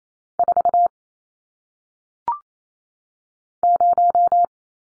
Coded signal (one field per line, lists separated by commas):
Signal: Morse code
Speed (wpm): 28 wpm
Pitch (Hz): 700 Hz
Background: none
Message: 4 0